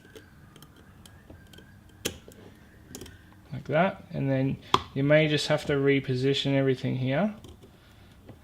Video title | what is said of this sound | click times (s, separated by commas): R32 skyline brake upgrade | then just slide this over the top till it clicks like that. | 2.1 s